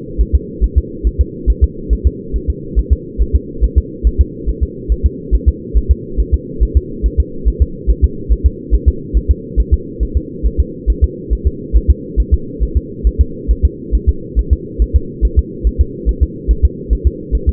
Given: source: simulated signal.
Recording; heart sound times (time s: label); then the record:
fetal heart sounds
0.21 s: S1
0.35 s: S2
0.64 s: S1
0.78 s: S2
1.07 s: S1
1.21 s: S2
1.50 s: S1
1.64 s: S2
1.93 s: S1
2.07 s: S2
2.36 s: S1
2.50 s: S2
2.79 s: S1
2.93 s: S2
3.22 s: S1
3.35 s: S2
3.64 s: S1
3.78 s: S2
4.07 s: S1
4.21 s: S2
4.49 s: S1
4.63 s: S2
4.92 s: S1
5.06 s: S2
5.34 s: S1
5.48 s: S2
5.77 s: S1
5.91 s: S2
6.20 s: S1
6.34 s: S2
6.63 s: S1
6.77 s: S2
7.06 s: S1
7.20 s: S2
7.48 s: S1
7.62 s: S2
7.90 s: S1
8.04 s: S2
8.32 s: S1
8.46 s: S2
8.74 s: S1
8.88 s: S2
9.17 s: S1
9.31 s: S2
9.60 s: S1
9.74 s: S2
10.03 s: S1
10.17 s: S2
10.46 s: S1
10.60 s: S2
10.90 s: S1
11.04 s: S2
11.33 s: S1
11.47 s: S2
11.76 s: S1
11.90 s: S2
12.20 s: S1
12.34 s: S2
12.63 s: S1
12.77 s: S2
13.07 s: S1
13.21 s: S2
13.51 s: S1
13.65 s: S2
13.95 s: S1
14.09 s: S2
14.39 s: S1
14.53 s: S2
14.82 s: S1
14.96 s: S2
15.25 s: S1
15.39 s: S2
15.67 s: S1
15.81 s: S2
16.09 s: S1
16.23 s: S2
16.51 s: S1
16.65 s: S2
16.93 s: S1
17.07 s: S2
17.35 s: S1
17.49 s: S2
From the record:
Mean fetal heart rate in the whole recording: 140 bpm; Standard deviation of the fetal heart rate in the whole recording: 2 bpm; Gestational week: 34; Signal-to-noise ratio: -4.3 dB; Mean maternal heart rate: 72 bpm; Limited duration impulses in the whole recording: absent